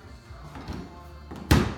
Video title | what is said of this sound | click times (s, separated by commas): ENJO Floor Demo by Leanne Jones | and you twist until it clicks, okay? | 1.5 s